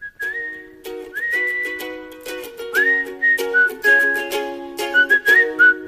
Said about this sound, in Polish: Szanowny panie, ale w teatrze to nie gwiżdżemy.